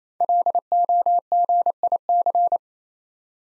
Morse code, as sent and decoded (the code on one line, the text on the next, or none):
.-.. --- --. .. -.-.
LOGIC